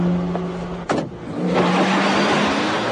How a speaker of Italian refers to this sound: Ingrid salì in macchina e partì. Bastarono pochi secondi perché Montalbano perdesse di vista la luce dei fari.